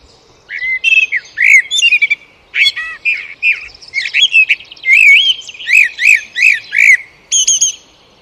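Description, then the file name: Eurasian blackbird singing almost continuously, with mellow warbled notes alternating with thin squeaky flourishes. "Turdus merula"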